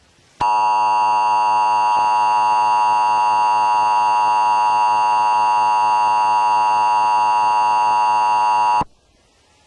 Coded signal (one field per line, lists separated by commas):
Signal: Emergency Alert System (SAME) tones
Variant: 853 and 960 Hz attention tone